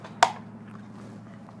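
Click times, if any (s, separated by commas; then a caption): 0.2 s. A quick-release keyboard tray for a Gamber Johnson independent tablet display mount kit is slid up and under the tablet display mount base. It latches with a sharp, loud snap at 0.2 s, locking into place and seating onto the mount. A low steady hum and faint small ticks follow.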